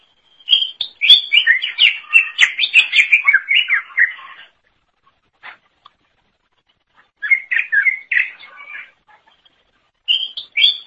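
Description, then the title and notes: Greater green leafbird song: a long run of lively, varied whistled phrases, then silence, followed by shorter bursts of the same chattering warble. "Suara Kicauan Burung Cucak Ijo Durasi Panjang"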